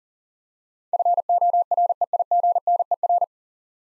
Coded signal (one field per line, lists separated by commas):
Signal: Morse code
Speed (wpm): 42 wpm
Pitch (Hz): 700 Hz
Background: none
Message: FOREIGNER